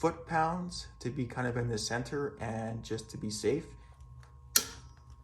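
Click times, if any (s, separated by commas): 4.6 s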